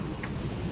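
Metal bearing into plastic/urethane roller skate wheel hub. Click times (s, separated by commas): 0.2 s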